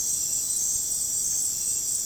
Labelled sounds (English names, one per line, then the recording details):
none
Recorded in dense forest near Puerto Asís, Putumayo, Colombia, on 29 June 2025 at 19:00
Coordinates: 0.503, -76.323
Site G059